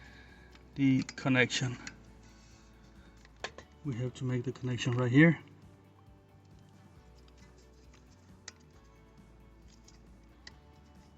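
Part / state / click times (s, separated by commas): brake pad wear sensor plug into harness connector / not seated / none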